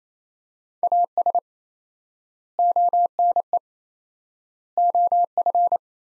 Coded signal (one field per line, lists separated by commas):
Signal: Morse code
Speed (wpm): 28 wpm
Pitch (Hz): 700 Hz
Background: none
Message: AS ONE OF